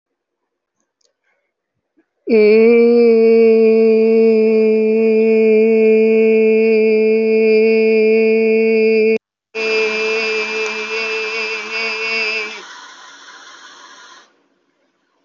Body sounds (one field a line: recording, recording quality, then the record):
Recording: sustained vowel as in made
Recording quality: moderate, slight background noise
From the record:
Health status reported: healthy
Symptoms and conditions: none ticked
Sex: female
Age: 49 years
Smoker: not ticked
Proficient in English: yes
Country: India